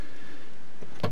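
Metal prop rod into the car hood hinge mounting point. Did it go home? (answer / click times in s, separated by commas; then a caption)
yes / 1.0 s. On a Citroën DS, the hood is lifted while a homemade metal hood prop rod, hooked into the upper mounting point at the hood hinge, drops and locks into place by itself to hold the hood open. A low, steady background hum runs through the clip until a single sharp click at 1.0 s. The rod is seated and the hood stays open on its own.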